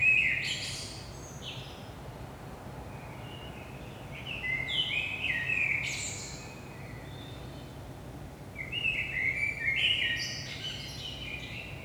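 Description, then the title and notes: Common blackbird singing three separate phrases of mellow whistles ending in squeaky high twitters, with steady low background noise. Early morning, 5 am, in Saint-Gilles, Belgium; recorded with DPA 4060 microphones in AB position into a Zoom F3. "Saint-Gilles, Belgique - 5am Blackbird. Blackbird in the morning. Merle au petit matin"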